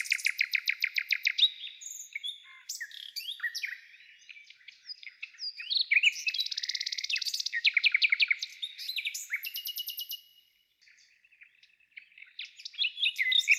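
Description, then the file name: Nightingale: a burst of rapid repeated notes, then jumbled whistles and a long buzzing trill, a quiet pause, and fresh phrases starting again. "solovei"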